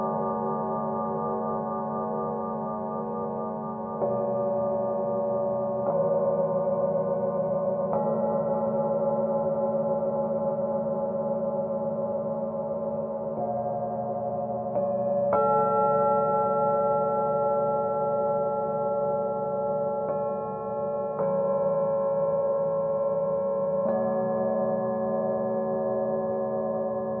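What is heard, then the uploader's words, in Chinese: Singing bowls ring in long, steady overlapping tones over a low hum, with fresh strikes every few seconds that briefly brighten the sound. 舒缓头脑不适频率432Hz丨颂钵。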